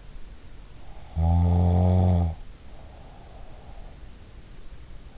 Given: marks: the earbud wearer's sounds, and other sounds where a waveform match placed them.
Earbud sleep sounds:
sounds in sleep by an in-ear microphone; snoring breath
1.04-4.00 s: snoring breath

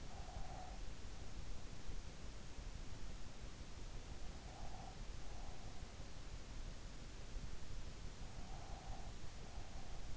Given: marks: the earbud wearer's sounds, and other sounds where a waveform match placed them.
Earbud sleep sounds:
sounds in sleep by an in-ear microphone; breath
0.00-0.88 s: breath
4.37-5.97 s: breath
8.37-10.16 s: breath

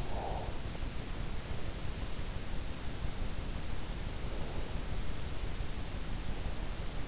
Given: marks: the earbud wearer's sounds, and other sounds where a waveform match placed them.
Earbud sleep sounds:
sounds in sleep by an in-ear microphone; breath
0.11-0.68 s: breath

